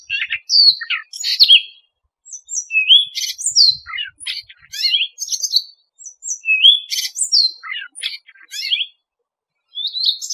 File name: Tieng chim oanh co do